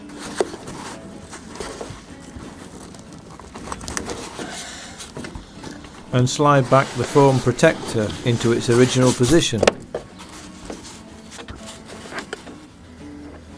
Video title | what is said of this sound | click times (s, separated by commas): SKODA FABIA C pillar access Roof Aerial (Detatchable) | the cable back in until it clicks and slide | 4.0 s